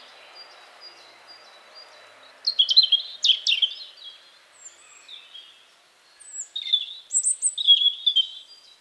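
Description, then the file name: European robin delivering two bursts of high, sparkling warbled notes separated by a short lull, with low steady background noise early on. "Erithacus rubecula"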